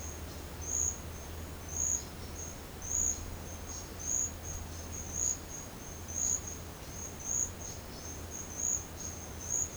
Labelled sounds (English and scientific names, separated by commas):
none